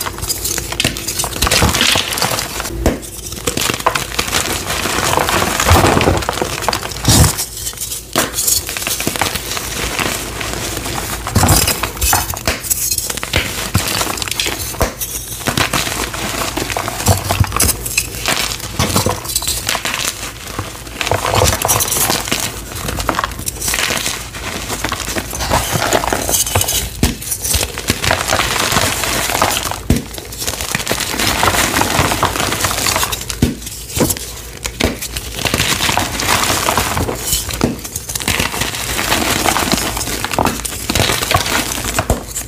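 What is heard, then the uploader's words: Turquoise dyed gym chalk is worked, giving a dense, continuous gritty scraping and crumbling sound. Frequent light clinks, like a utensil tapping a dish, mix in, and the activity briefly eases every few seconds before resuming. Turquoise Dyed Gym Chalk ASMR Satisfying Crush. ASMR Satisfying sounds of chalk crushing.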